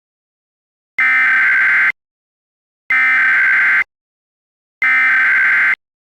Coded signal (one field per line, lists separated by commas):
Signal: Emergency Alert System (SAME) tones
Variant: header bursts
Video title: EAS MOCK | Wow... a little mess up